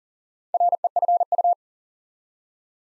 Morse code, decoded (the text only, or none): REFU